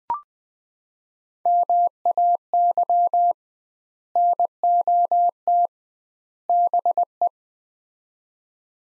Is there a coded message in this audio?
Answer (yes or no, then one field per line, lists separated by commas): yes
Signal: Morse code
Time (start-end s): 1.5-7.3 s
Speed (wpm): 20 wpm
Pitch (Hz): 700 Hz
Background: none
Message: MAY NOT BE